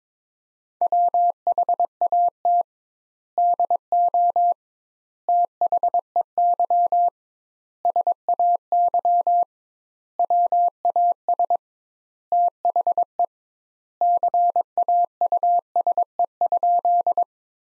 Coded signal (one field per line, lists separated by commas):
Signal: Morse code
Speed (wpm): 22 wpm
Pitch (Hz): 700 Hz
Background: none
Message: WHAT DO THEY SAY WAS THE CAUSE?